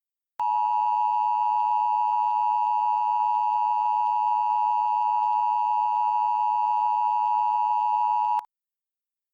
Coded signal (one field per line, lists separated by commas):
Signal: Emergency Alert System (SAME) tones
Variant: 853 and 960 Hz attention tone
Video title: The Asheville Inferno - EAS Scenario #2